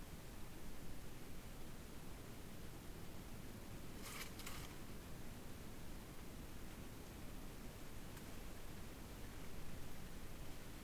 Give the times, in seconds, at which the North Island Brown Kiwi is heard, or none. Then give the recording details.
none. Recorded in New Zealand on 8 January 2015. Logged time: 04:57. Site BX23